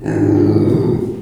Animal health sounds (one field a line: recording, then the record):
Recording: squeal of a Yucatan mini pig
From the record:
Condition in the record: before surgery on the right vocal fold (resection and tissue-engineered implant)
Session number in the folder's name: 2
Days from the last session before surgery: -15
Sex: female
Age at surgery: 19 weeks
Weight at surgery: 25 kg